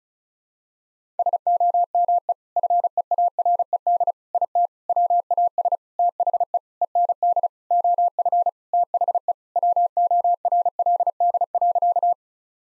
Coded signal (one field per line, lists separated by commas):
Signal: Morse code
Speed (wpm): 36 wpm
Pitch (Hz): 700 Hz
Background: none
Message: SOME FEARED IT WAS THE END OF THE WORLD.